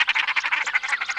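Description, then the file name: Common shelduck giving a fast, harsh, chattering series of nasal notes, steady throughout with no other sounds. Russia; recording made for an electronic hunting lure. "Пеганка Volpoca"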